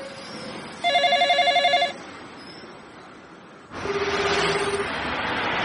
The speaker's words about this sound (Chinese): 电话响了